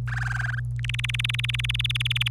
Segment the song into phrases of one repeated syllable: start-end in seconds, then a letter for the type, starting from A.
0.07-0.60 A, 0.79-2.28 B